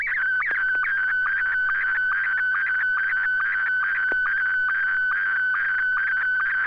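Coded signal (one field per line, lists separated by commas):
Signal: SSTV (slow-scan television)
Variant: Scottie 1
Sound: warbling, shifting tone with a steady rhythmic tick about twice per second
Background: low mains hum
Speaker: pretty sure the system's up and running so here we go n6 YG Scotty one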